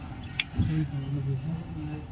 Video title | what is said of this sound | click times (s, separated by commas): Mahindra KUV100 timing chain change in Tamil | அந்த காடி போய் லாக் ஆகும் செக் | 0.4 s